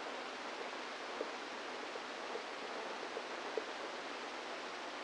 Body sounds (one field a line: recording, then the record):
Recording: brain microelectrode recording played as sound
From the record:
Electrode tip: inside the subthalamic nucleus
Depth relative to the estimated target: -3 mm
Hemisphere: right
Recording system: NeuroSet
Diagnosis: Parkinson's disease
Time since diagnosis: 10 years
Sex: female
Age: 45 years